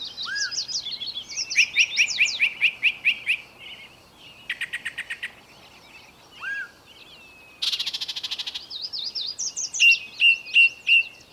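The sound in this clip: Bird song with varied phrases: a slurred whistle, a quick run of repeated notes, buzzy rattles, and a final set of clear repeated chirps.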